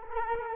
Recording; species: mosquito wingbeat signal from an infrared sensor; Culex quinquefasciatus